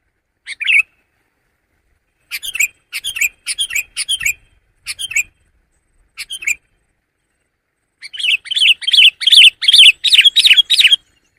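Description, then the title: Sooty-headed bulbul giving short chirps in scattered groups, then a faster, louder run of chirps near the end. "kutilang"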